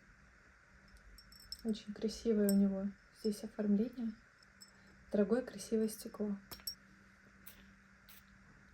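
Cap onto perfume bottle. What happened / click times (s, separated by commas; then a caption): The bottle cap clicked into place / 6.7 s. A cap is put back on a glass perfume bottle; it is not magnetic but clicks into place. Someone talks while a sharp clink sounds at 6.7 s as the cap snaps on and seats.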